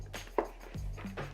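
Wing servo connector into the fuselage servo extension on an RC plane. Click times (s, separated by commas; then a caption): 0.4 s. A wing servo connector on a Volantex Ranger 1600 RC plane is pushed into the fuselage servo extension as the wing goes in. It snaps into place with a sharp click at 0.4 s, seating the plug. Music plays in the background, with a softer knock near 1.3 s.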